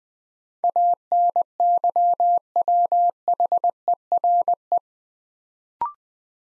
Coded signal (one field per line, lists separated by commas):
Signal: Morse code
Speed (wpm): 20 wpm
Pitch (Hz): 700 Hz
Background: none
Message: ANYWHERE